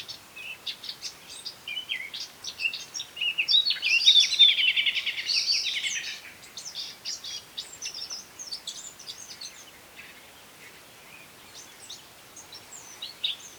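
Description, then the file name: Eurasian blackcap: rapid high chirping notes with a loud dense warbling burst in the middle, then scattered softer chirps and short twitters. "Sylvia atricapilla"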